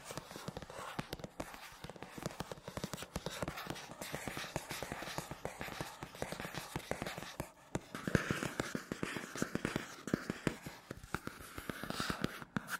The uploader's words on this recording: Scratchy Tapping on 3 Matte Surfaces (NO TALKING).